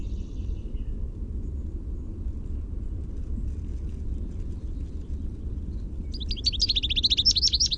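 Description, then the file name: American goldfinch song: a short burst of high, rapid, sweet twittering notes near the end, after a long stretch of steady low rumble like traffic. "AMGO song"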